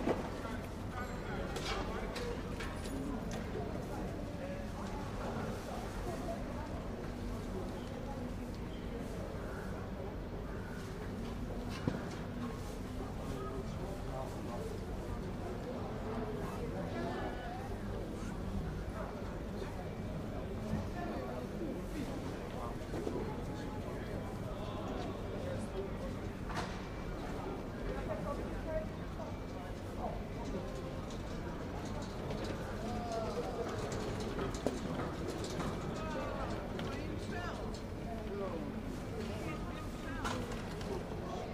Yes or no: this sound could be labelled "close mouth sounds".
no